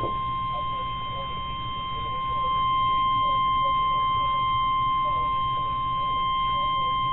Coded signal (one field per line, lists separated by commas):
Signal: Emergency Alert System (SAME) tones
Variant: 1050 Hz attention tone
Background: speech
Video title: NOAA Weather Radio Alert - EAS #15 - Blizzard Warning - 2-1-11